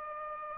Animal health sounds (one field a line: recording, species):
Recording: mosquito wingbeat signal from an infrared sensor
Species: Aedes aegypti